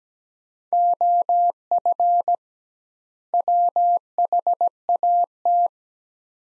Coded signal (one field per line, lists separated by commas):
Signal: Morse code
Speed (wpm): 17 wpm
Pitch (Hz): 700 Hz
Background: none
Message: OF WHAT